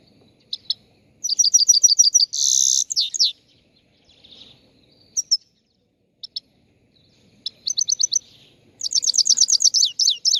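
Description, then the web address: Chegolín song: rapid high trills and buzzy twitters in bursts, with isolated chips between, in an otherwise quiet setting. Morning song, on the roof of a house. "el canto matutino del chegolin en el tejado de casa"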